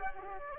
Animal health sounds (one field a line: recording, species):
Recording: mosquito wingbeat signal from an infrared sensor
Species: Aedes aegypti